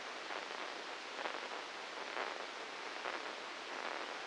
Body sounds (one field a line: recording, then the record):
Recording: brain microelectrode recording played as sound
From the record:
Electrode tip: inside the subthalamic nucleus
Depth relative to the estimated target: -3 mm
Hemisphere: right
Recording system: NeuroSet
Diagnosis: Parkinson's disease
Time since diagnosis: 8 years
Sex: male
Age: 59 years